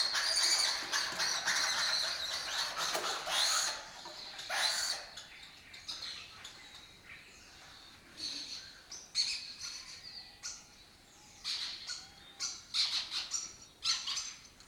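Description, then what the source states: Lesser kestrel calls, dense harsh chattering at first, then sparser scratchy notes in short irregular runs. Migratory colony breeding in an abandoned building complex in Doñana, southern Europe; forages in West Africa.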